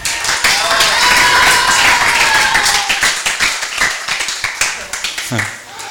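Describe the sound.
A crowd applauds on Children's Day with dense, steady clapping and a few high whistles or cheers. The clapping thins out toward the end, where a voice briefly cuts in.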